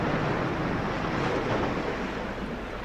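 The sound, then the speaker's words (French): A steady, broad roar of sea waves washing onto the shore, a continuous hiss of surf with no voices and little change in loudness throughout. “C'est moins mauvais en bateau. Peut-être que j'aurais dû faire ma carrière dans la marine marchande.”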